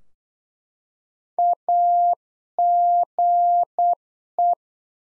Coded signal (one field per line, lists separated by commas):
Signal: Morse code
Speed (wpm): 8 wpm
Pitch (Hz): 700 Hz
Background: none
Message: AGE